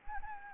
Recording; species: mosquito wingbeat signal from an infrared sensor; Anopheles gambiae